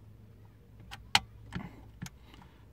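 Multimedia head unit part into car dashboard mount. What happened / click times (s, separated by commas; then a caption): The dash unit snapped into its mount / 1.1 s. A part of an RCD 330 multimedia head unit from AliExpress is pushed into its mount in a Golf 7 dashboard. A loud, sharp snap at 1.2 s marks it seating into place, with fainter ticks around 0.9, 1.6 and 2.1 s against a low, steady hum. The part is seated.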